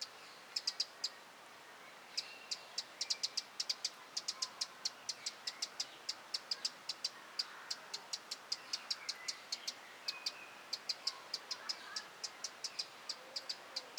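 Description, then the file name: Eurasian wren repeating hard tick notes in loose bursts, with faint twittering from other birds behind. "Troglodytes troglodytes"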